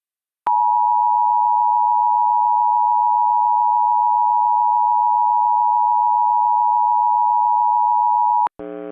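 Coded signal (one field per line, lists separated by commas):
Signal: Emergency Alert System (SAME) tones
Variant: 853 and 960 Hz attention tone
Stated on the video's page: Reenactment mock of a Dust Storm Warning from NWS Lubbock TX, containing valid EAS tones.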